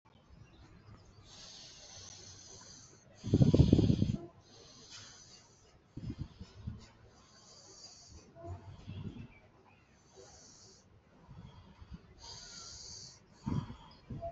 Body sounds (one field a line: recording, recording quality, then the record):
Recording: deep breathing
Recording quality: excellent, no background noise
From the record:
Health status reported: exposed to COVID-19, no respiratory illness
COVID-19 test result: negative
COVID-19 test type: RT-PCR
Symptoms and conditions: cough, cold, sore throat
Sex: female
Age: 25 years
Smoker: no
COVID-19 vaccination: both doses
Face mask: not worn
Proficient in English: yes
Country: India